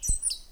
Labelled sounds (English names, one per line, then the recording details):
Stitchbird song
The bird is a male
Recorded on Tiritiri Matangi Island, New Zealand, in 2005
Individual 4, of nest box 4